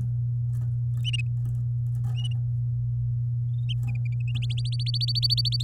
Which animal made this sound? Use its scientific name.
Serinus canaria